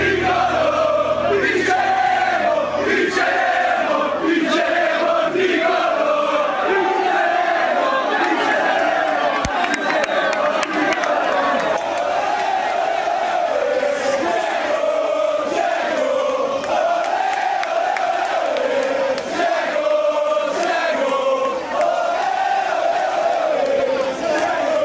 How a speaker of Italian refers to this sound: Sentire ieri l'intera curva sud, l'intera tifoseria giallorossa invaso Fiumicino per accogliere Edin Dzeko, che è arrivato, che è il nuovo giocatore della Roma, insieme a Salah, e ha acceso subito cori e fantasia.